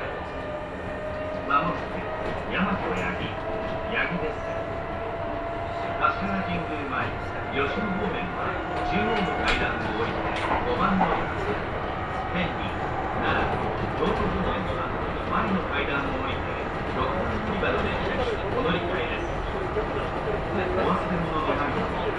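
Onboard a Kintetsu Osaka Line semi-express train, a steady low rumble of the moving car runs throughout, with faint murmured speech mixed in. Sustained whining tones hold and shift slightly, while scattered clicks and rattles from the wheels and car body recur irregularly.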